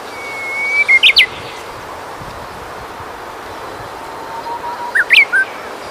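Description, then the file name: Japanese bush warbler song: a long, steady whistled note that ends in a quick flourish, then a shorter phrase of sliding notes, with soft background hiss. "uguisu"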